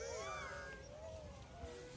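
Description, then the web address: Monkey calls: a few tonal, arching calls that rise and fall, rather faint over a steady low rumble of background noise. "monkey usa"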